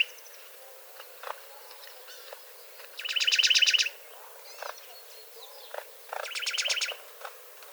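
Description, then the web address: Juniper titmouse singing two rapid rattling trills of bright repeated notes, the second softer, amid scattered clicks and faint chirps. "wroblowe ptaki baeolophus ridgwayi"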